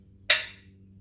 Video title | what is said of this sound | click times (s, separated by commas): Jeep TJ Overland Project The Roof Rack Build Greenlee Bender Mock Up Cutting Pipe The Build | get it loose right there you heard it click | 0.3 s